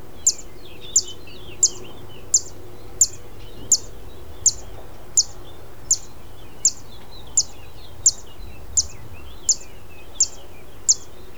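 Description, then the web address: Zitting cisticola calling with crisp, high-pitched ticks in a steady series, roughly one every 0.7 seconds. "Zitting cisticola. صدای-پرنده-سبدنشین-چکاچک"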